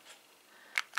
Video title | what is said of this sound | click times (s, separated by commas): ВСЕ МОИ БАЛЬЗАМЫ ДЛЯ ГУБ (ЗАПРОС) | А вот есть щелчок, но он почему-то открывается как будто бы. А может, показалось. | 0.8 s, 1.0 s